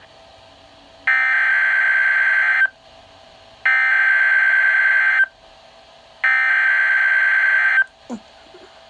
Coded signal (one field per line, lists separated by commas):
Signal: Emergency Alert System (SAME) tones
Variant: header bursts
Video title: NOAA Weather Radio: Severe Thunderstorm Watch